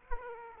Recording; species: mosquito wingbeat signal from an infrared sensor; Aedes aegypti